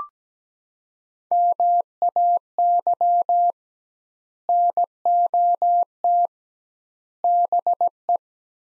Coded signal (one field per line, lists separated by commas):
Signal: Morse code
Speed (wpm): 17 wpm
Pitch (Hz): 700 Hz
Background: none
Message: MAY NOT BE